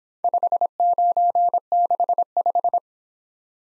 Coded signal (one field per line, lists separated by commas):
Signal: Morse code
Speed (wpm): 26 wpm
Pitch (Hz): 700 Hz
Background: none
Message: 5965